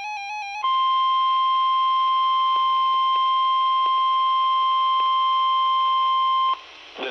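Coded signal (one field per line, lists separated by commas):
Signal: Emergency Alert System (SAME) tones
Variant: 1050 Hz attention tone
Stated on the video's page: Severe Thunderstorm Warning EAS alert received on NOAA Weather Radio station in Madison, Wisconsin.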